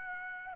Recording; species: mosquito wingbeat signal from an infrared sensor; Aedes aegypti